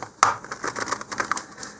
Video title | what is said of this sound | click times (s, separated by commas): Enerjet "Initiator" model rocket assembly | all right and this is actually the trickiest part is getting this to click into place | 0.2 s